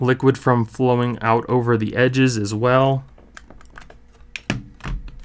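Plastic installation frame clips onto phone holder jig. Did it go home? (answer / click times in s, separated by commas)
yes / 4.4 s, 4.5 s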